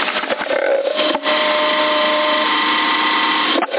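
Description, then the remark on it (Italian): A power supply whines steadily, a thin high tone riding over a dense mechanical hum, with a few quick clicks at the start and two brief dips in the drone. “E qua come gira, qui l'alimentatore ha cominciato a frignare.”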